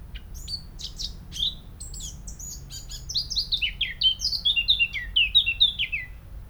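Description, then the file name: Eurasian blackcap song: a rapid scratchy warble of high chirps, then a clear run of loud fluty, descending notes. "Sylvia atricapilla"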